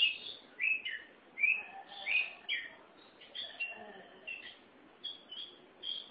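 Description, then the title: Oriental magpie-robin singing varied, sweet whistled phrases in quick succession with brief gaps throughout. "Suara Kicauan Burung Kacer Durasi Panjang"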